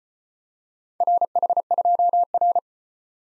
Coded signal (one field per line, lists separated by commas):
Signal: Morse code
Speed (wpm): 33 wpm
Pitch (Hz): 700 Hz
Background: none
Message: RH2R